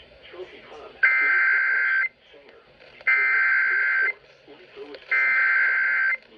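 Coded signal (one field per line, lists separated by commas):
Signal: Emergency Alert System (SAME) tones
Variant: header bursts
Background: speech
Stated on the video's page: Severe thunderstorm warning alerts recorded off the air from NOAA weather radio, AM, FM and TV stations around Fort Worth, TX.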